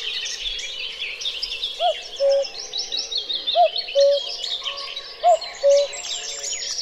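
Cuckoo sounding three two-note cu-ckoo calls, higher then lower, amid the chatter and song of other birds.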